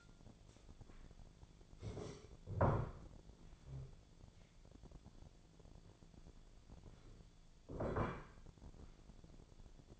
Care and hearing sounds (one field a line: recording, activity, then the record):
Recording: daily activity, microphone in the room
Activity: stand up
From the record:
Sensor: 5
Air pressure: 1008.2 hPa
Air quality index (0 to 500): 154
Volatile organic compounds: 3 ppm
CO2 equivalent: 1484 ppm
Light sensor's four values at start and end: 59/166/64/64 and 59/166/64/64